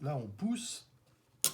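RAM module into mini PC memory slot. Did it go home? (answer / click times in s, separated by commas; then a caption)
yes / 1.4 s. A laptop-style SO-DIMM RAM stick is pushed down into its memory slot on a mini PC motherboard while someone talks. At 1.4 s the retaining clips latch with a sharp click, and the module is seated.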